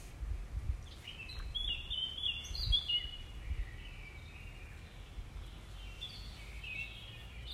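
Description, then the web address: Common nightingale song: a burst of varied whistled and trilled phrases early on, fading to softer fragments, over steady low rumbling background noise. Recorded 5 May 2020 in the early morning, around 05:31; more than one nightingale. "2020 05 06 nightingales"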